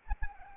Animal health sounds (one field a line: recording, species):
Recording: mosquito wingbeat signal from an infrared sensor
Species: Anopheles arabiensis